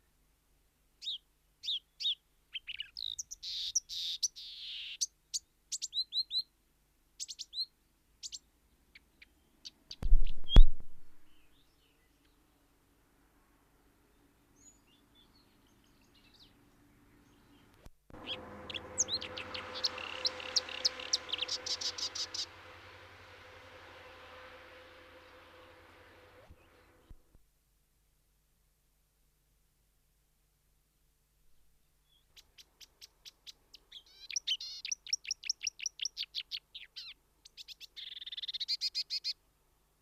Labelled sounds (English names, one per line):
Marsh Warbler song